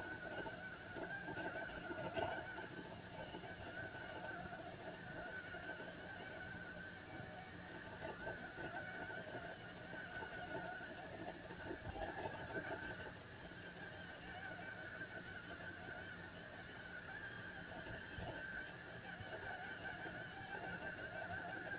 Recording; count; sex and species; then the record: mosquito flight sound in a plastic cup; one mosquito; male Aedes aegypti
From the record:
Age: 3 days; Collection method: oviposition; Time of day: 15:12